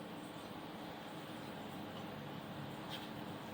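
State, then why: Not seated. An O-ringed motor component is handled and lined up to be pushed into the liner assembly of a CTI L995R 75mm 3-grain rocket motor for the Jupiter 3 rocket. Only a steady, broadband rumbling noise is heard throughout, with no sharp sounds. Nothing has snapped into place yet.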